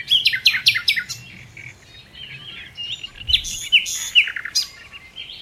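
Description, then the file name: Common nightingale delivering a fast series of loud repeated notes, then a quieter warbling pause and a second phrase of bright, emphatic notes. "Luscinia megarhynchos"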